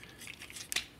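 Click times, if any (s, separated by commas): 0.7 s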